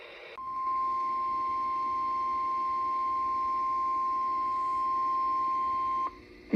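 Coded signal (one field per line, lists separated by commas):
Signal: Emergency Alert System (SAME) tones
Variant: 1050 Hz attention tone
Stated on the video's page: Real EAS alerts issued during February flooding.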